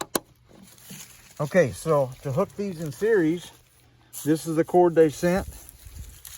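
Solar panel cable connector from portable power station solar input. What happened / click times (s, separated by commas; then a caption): The cable connector released and came off / 0.0 s, 0.1 s. A solar panel cable connector is released from the solar input fitting of a BLUETTI AC200P portable power station used with an SP120 solar panel: the release collar is pulled back and the connector comes off. Two sharp clicks are heard at 0.0 and 0.2 seconds, then someone talks.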